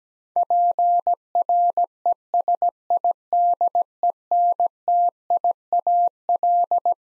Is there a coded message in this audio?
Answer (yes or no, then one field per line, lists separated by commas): yes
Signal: Morse code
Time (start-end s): 0.4-6.9 s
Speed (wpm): 17 wpm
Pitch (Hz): 700 Hz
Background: none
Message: PRESIDENTIAL